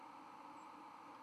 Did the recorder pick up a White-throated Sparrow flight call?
no